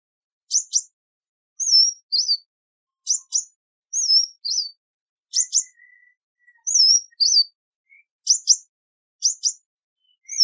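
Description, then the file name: Sunbird calls: sharp doubled high chips alternating with short, twisting whistled notes, repeated every second or so in otherwise quiet surroundings. "Tieng chim hut mat"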